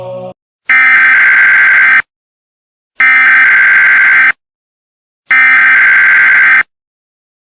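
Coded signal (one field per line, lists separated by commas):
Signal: Emergency Alert System (SAME) tones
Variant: header bursts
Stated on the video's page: Fictional doomsday EAS scenario with valid tones and synthesized narration.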